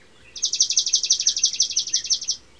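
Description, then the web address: Swamp sparrow trill: a steady, even run of about twenty rapid high chipping notes lasting two seconds, with faint lower notes beneath and little else heard. "Mitchell Lake. Swamp Sparrow"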